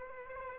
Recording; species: mosquito wingbeat signal from an infrared sensor; Aedes aegypti